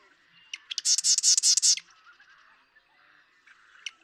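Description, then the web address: Marsh Wren song: a few clicking introductory notes, then one rapid, buzzy, high-pitched rattling trill lasting about a second, followed by quieter notes. "birdsongforthecurious Marsh Wren"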